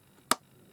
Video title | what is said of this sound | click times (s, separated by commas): Up Close & Personal #62 - Tonic Designer's Choice #6 Cosy Cantilever Box :D | you can hear them snapping onto the magnets and it just makes it you know a | 0.3 s